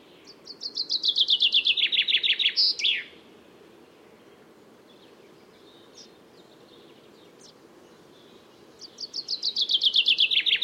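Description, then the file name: Common chaffinch singing a fast, cascading trill that drops in pitch and finishes with a quick flourish, then a long quiet gap before the next song begins. "Fringilla coelebs"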